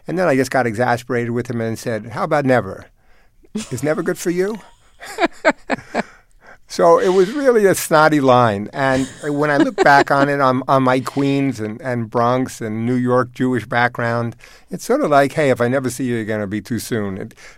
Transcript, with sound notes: And then I just got exasperated with him and said how about never? Is never good for you?
(Laughter).
So it was really a snotty line. And when I look back on it, on my Queens and Bronx and New York Jewish background, it's sort of like, hey, if I never see you again, it'll be too soon.